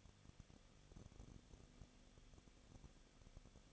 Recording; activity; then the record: daily activity, microphone in the room; no activity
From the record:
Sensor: 4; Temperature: 23.0 degrees Celsius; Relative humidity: 34.0%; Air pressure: 1007.4 hPa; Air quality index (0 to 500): 213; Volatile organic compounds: 14 ppm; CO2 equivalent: 2447 ppm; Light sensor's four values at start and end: 2/3/1/1 and 2/3/1/1